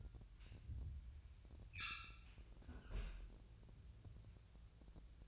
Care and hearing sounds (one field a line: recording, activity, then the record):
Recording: daily activity, microphone in the room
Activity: close fridge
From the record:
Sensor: 2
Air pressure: 999.9 hPa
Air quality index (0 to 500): 122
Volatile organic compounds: 2 ppm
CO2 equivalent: 1048 ppm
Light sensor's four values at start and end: 31/77/33/37 and 31/78/33/37